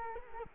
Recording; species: mosquito wingbeat signal from an infrared sensor; Culex quinquefasciatus